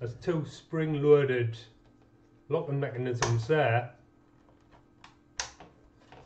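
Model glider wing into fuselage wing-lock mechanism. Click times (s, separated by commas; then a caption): 5.4 s. A wing panel of an FMS ASW-17 2500mm RC glider is pushed into the fuselage, where a spring-loaded self-locking wing mount engages. Someone talks for the first four seconds, then after a few faint ticks a sharp click sounds at 5.4 s. The wing is seated and locked.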